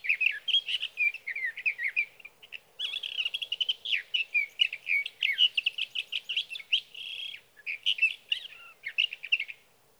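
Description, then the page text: Sage thrasher song, a long unbroken stream of fast warbled, scratchy phrases that rise and fall without pause. Male singing through the night near his night roost, evening of June 12 to morning of June 15, 2018, Sierra Valley, California; night songs, captured with a Swift recorder. "Sage thrasher songs, through the night. from the evening of June 12 to the morning of June 15, 2018, in Sierra Valley, California"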